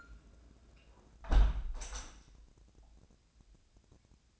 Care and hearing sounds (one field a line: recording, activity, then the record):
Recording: daily activity, microphone in the room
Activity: close window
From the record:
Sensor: 2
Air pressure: 1012.1 hPa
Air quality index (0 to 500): 124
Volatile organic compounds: 1 ppm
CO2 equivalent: 918 ppm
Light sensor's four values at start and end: 109/260/107/106 and 110/265/109/107